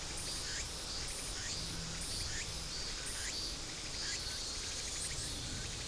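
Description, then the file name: Insects producing a high buzz in regular repeated pulses over a steady hissing chorus and low rumble. "mainly insect cluster"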